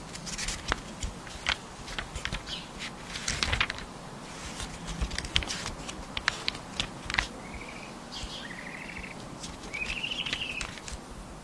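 A magical library ambience of dense crackling and rustling clicks, like pages and small objects stirring, over a low steady rumble. Bright, bird-like chirping trills rise in the second half, around eight to ten seconds.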